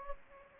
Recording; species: mosquito wingbeat signal from an infrared sensor; Anopheles gambiae